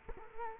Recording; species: mosquito wingbeat signal from an infrared sensor; Culex quinquefasciatus